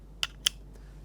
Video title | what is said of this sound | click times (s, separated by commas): DJI ACTION 2 Review - the smallest little action camera ever | so the camera is now clicked into place my problem is that | 0.2 s, 0.5 s